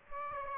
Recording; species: mosquito wingbeat signal from an infrared sensor; Aedes aegypti